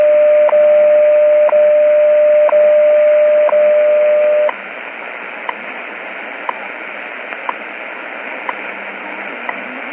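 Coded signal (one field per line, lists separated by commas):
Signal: radio time signal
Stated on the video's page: WWV time signal station on 5000 kHz received on a Tecsun PL-600 with a random wire antenna.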